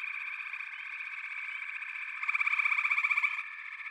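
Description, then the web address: Frogs calling as a dense trilling chorus, broken by a loud burst of fast, regular pulses a little after halfway through. A chorus of frogs calling together. "Echoes of Nature - Frog Chorus"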